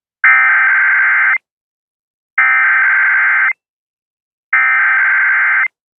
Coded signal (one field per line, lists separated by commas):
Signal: Emergency Alert System (SAME) tones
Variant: header bursts